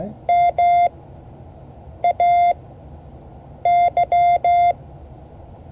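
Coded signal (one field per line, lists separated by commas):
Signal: Morse code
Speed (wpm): 15 wpm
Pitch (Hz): 700 Hz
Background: none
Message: MAY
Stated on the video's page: Morse code class lesson, session 5 of 12.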